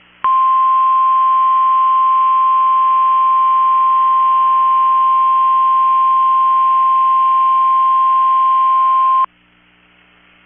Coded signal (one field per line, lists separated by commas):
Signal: Emergency Alert System (SAME) tones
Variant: 1050 Hz attention tone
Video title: 10/25/23 - KEC65 Required Weekly Test (EAS #910)